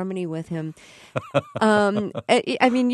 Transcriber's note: soundbite of laughter